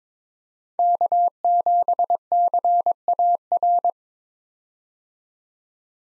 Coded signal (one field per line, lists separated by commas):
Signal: Morse code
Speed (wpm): 22 wpm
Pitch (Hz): 700 Hz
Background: none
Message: K7CAR